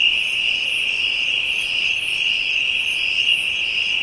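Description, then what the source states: Insects giving a steady high-pitched trill, with faint rhythmic higher pulses throughout. Ambient insect chorus from Africa.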